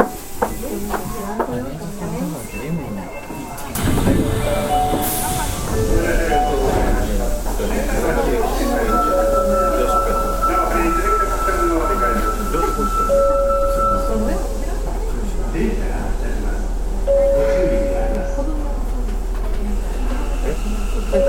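A subway train pulls away after brief voices, its deep steady rumble joined by rising and falling motor whines that repeat while cruising.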